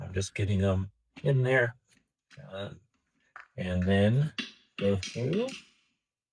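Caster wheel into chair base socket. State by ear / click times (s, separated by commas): not seated / none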